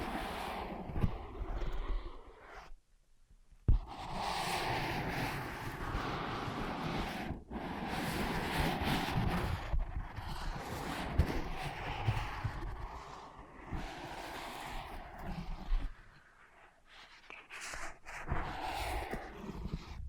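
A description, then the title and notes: Steady scratching and rubbing on soft ear pads fills most of the clip with a dense, breathy rasp. The sound stops briefly near three seconds, returns with a sharp tap, and pauses again around seven and sixteen seconds. ASMR Using Ear Pads as Your Ears Tapping, Scratching, Tracing (No Talking).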